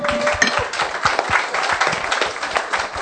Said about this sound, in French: Alors, aujourd'hui, nous avons un nouveau venu. Est-ce que vous voulez bien lui réserver une ovation, s'il vous plaît ?